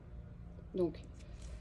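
A person handles plastic nozzle adapter no. 2, lining up its two small catches face to face and turning it so it clips onto the inflation valve of the air structure of a Jacques Cartier Saint-Malo roof tent. Someone talks briefly near 0.8 s over a low steady background hum. Nothing has seated or clicked yet.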